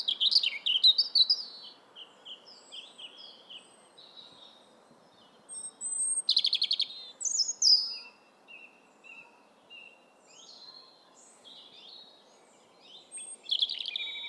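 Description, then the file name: European robin song of thin, varied high phrases with sudden buzzy trills and sliding whistles, soft repeated notes between louder bursts, over low background hiss. "Erithacus rubecula"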